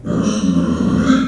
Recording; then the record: squeal of a Yucatan mini pig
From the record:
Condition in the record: after surgery on the right vocal fold (resection and tissue-engineered implant); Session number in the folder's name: 6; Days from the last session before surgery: 40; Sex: female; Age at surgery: 19 weeks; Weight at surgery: 25 kg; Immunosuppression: prednisolone